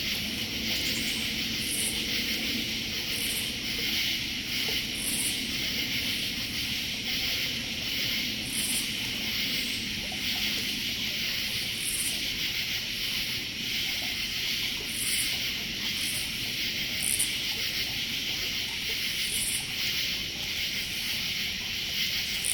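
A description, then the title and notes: A dense nighttime insect chorus of crickets and cicadas keeps up a steady, high shimmering trill throughout. Brief brighter chirps break through every second or two near the top. A faint low rumble, like traffic, sits underneath the whole time. Nighttime chorus by the pool, Westchester, New York, USA. Recorded on a late night in August, up at my brother-in-law’s house in Westchester, north of NYC. Heavy cricket and cicada season, but also on a flight path.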